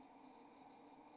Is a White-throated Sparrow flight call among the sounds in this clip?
no